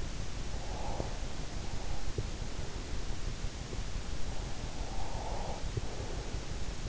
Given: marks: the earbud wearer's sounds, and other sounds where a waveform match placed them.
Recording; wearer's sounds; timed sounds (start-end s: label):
sounds in sleep by an in-ear microphone; breath
0.66-2.55 s: breath
4.67-6.81 s: breath